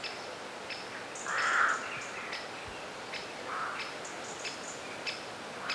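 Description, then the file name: Birds calling with sharp high chirps and a few lower, fuller notes against constant soft hiss. Birdsong in a forest. "Forest Birdsong - Soothing Birds"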